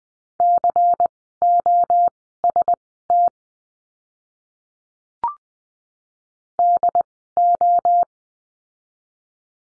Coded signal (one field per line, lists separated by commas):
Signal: Morse code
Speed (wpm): 19 wpm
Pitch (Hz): 700 Hz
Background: none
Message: COST DO